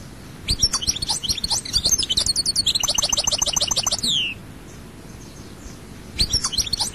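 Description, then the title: European goldfinch song: fast liquid twitters and trills, a rapid repeated ticking run, then a pause and a new burst of twittering. "Chant Chardonneret"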